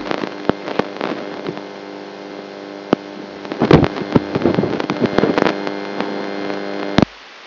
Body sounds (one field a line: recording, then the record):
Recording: brain microelectrode recording played as sound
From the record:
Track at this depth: outside the subthalamic nucleus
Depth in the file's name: 0.008 mm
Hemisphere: right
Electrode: 3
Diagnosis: Parkinson's disease